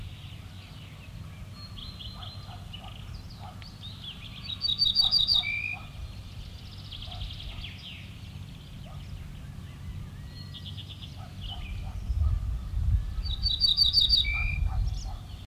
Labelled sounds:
Ortolan Bunting (Emberiza hortulana) song
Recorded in the wild
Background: Canis lupus f. familiaris
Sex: male
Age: adult
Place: Schloß Holte-Stukenbrock, Senne, Nordrhein-Westfalen, DE
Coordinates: 51.8667, 8.66667
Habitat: edge of the woods
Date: 1964
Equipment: Uher 4000 Report-S, Bändchenmikro Beyer M 260, Parabolspiegel Polyester (470 mm)
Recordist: Conrads, Klaus
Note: Südlicher Waldrand (Furlbach-Gebiet). Band 2A: Männchen: Gesang. Keine genaue Datumsangabe: Mai/Juni 1964

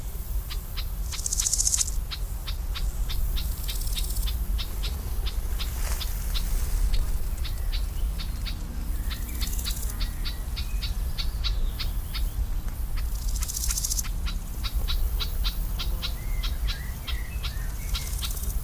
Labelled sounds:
Garden Warbler (Sylvia borin) alarm call
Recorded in the wild
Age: adult
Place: Mühlenbecker Teiche, Tegeler Fließ, Berlin, DE
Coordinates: 52.6458, 13.3956
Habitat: pond
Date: 1992-06-21 12:32
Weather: sunny, 19-26 °C, strengthening winds
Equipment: Marantz CP 430, Sennheiser ME 80, Kopie Tesla B 116
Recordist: Tembrock, Günter
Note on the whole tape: Fließteiche bei Mühlenbeck: "Warnen"

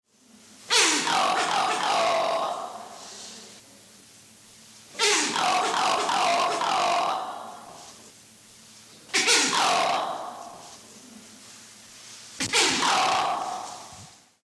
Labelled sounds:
Diana Monkey (Cercopithecus diana)
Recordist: Tembrock, Günter
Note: Männchen: Rufreihe

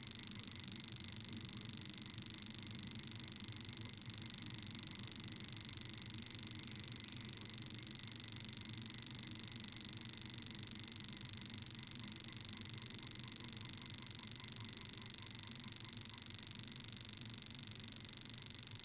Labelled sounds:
Common Grasshopper Warbler (Locustella naevia) song
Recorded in the wild
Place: Zirkow, Insel Rügen, Mecklenburg-Vorpommern, DE
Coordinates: 54.377, 13.536
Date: 1975-06-06 20:45
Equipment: Nagra III BH, Sennheiser MD 21, parabola
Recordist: Schubert, Michael

